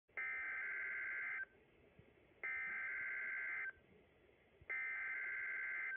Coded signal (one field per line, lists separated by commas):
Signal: Emergency Alert System (SAME) tones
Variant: header bursts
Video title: Buffalo, NY Required Monthly Test (3/6/18)